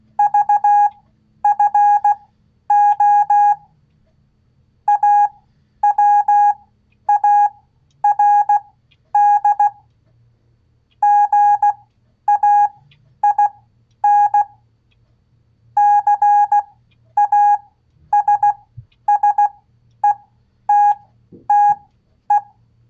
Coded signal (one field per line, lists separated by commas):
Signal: Morse code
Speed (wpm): 16 wpm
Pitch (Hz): 820 Hz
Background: none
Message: VFO AWARD GAIN CASSETTE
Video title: Ham Radio Live! #HRL 170 QSL Cards NEEDED 4 Brazilian Scouts SEE Description! Kenwood 590 Review Pt2